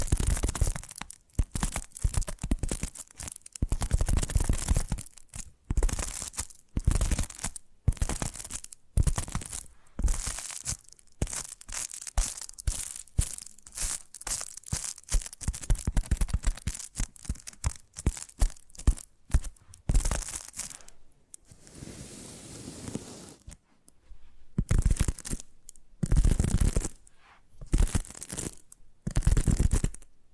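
Rapid tapping triggers run almost without pause, dense clusters of sharp taps with a crisp, papery edge and some low thuds underneath. Around 21 to 24 seconds the tapping gives way to a steadier scratchy rustle before quick tapping resumes to the end.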